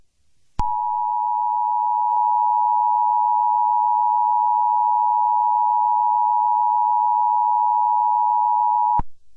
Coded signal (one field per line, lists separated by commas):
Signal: Emergency Alert System (SAME) tones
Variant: 853 and 960 Hz attention tone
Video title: EAS Scenario #5: Black Hole (REMASTERED)